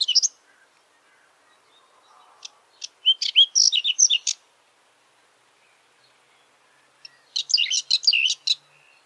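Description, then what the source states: Whinchat song: short, rapid, scratchy phrases of high chirps and warbled notes; a brief fragment at the start, then two longer phrases, separated by quiet pauses. Russia.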